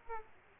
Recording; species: mosquito wingbeat signal from an infrared sensor; Aedes aegypti